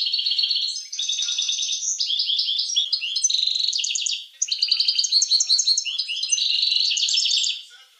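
Finch singing a long, busy song of high twittering trills and chirps, with one brief pause midway.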